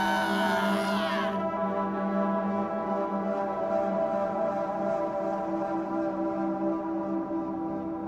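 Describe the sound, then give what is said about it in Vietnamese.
A man lets out a long, agonized scream, loud and harsh, opening with a bright piercing burst before settling into a sustained, steady-pitched wail that lasts about eight seconds. “ngoài cổng vang lên một tiếng ầm, và đồng thời cùng lúc có tiếng của một gã đàn ông thét lên thảm thiết.”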